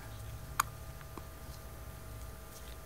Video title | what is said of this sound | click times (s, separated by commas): Making PG-245 CL-246 Refillable Cartridges for Canon Pixma MG - Work Log | Vous allez entendre un clic et l'enclenchement. | 0.6 s